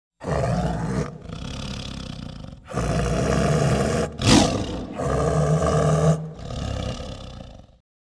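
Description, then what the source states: Tiger giving a run of low, throaty growls in several long surges, with a sharper, louder puff-like burst in the middle of the sequence. Tiger growling with chuffs.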